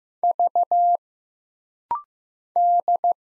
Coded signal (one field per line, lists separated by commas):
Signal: Morse code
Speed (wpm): 15 wpm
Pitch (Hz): 700 Hz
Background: none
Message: V D